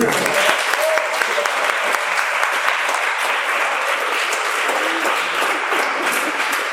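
A conference audience claps steadily for several seconds to greet an audience member, a dense, even patter of many hands that holds at a constant loudness without fading.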